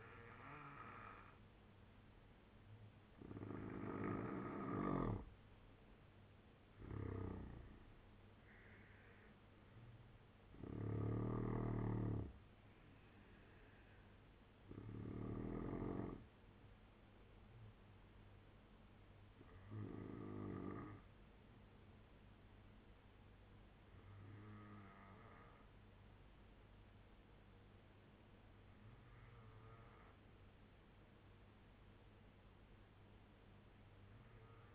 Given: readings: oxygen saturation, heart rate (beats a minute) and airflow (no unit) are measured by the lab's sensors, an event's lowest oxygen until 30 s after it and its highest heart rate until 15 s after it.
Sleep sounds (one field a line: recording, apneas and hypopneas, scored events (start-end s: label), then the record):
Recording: breathing in sleep by a voice recorder at the bedside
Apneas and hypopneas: none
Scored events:
none scored
From the record:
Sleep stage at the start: N2 (light sleep)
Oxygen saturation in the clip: 84 to 95%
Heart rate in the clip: 68 to 83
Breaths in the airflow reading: 6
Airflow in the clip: -5.0 to 7.1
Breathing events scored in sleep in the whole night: 201 in 6.5 hours asleep